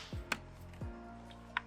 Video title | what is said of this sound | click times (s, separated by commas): 4Runner Lifestyle Sequential Turn Signals Install | and that is clicked into place we've got that screw | 0.3 s, 1.6 s